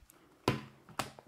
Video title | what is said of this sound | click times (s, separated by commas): Incipio Slim Case for iPhone 12 & iPhone 12 Pro | snaps right into place you can see kind of mutes the red down a little bit | 0.5 s, 1.0 s